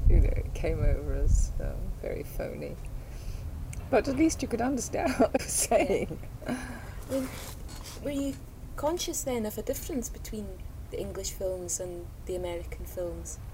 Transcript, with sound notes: you know, it came over as very phoney. But at least you could understand what they were saying. [laughs]
Were you conscious then of a difference between the English films and the American films?